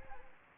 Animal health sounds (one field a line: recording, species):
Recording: mosquito wingbeat signal from an infrared sensor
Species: Aedes aegypti